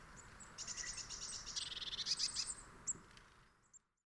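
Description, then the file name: Eurasian blue tit giving a fast, buzzy churring rattle, then a few thin, high, separate notes as it fades. "Cyanistes caeruleus"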